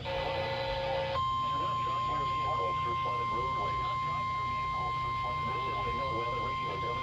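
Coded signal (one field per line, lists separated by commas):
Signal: Emergency Alert System (SAME) tones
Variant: 1050 Hz attention tone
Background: speech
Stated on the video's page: NOAA Weather Radio severe thunderstorm warning on 162.475 MHz from the Rockford, Illinois transmitter.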